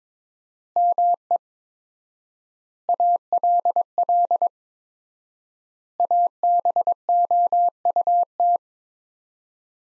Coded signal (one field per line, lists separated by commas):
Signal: Morse code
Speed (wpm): 21 wpm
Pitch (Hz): 700 Hz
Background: none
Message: ME ALL ABOUT